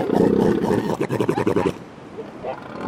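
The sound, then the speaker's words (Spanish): Deep, throaty roars from hundreds of elephant seals crowded at high tide on a narrow strip of beach below a cliff at Punta Hércules, Valdés Peninsula, Patagonia, on the east coast facing open sea, rumble loudly for well over a second, break into a rapid pulsing bellow, fade, then a fainter growl returns over a steady wind-like hiss. “Con la marea alta, cientos de elefantes marinos se amontonan en una estrecha franja de playa al pie de un acantilado.”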